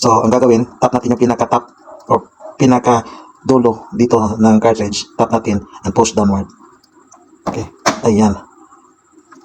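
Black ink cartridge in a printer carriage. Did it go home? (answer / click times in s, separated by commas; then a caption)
released / 9.3 s. Someone talks while the black ink cartridge in the carriage of an HP Smart Tank 515/615 printer, with the lock on top already opened, is tapped at its end and pushed downward to unlatch it. A short click at 9.3 s marks the cartridge coming loose from its holder, released and ready to be pulled out.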